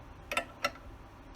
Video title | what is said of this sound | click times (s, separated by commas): §3.Ремонт ИЖ ЮП6 на заказ - разборка кривошипных камер мотоцикл ИЖ юпитер 🤑 | Оп, щелкнул. Хорошо, крышечка пошла у нас. | 0.3 s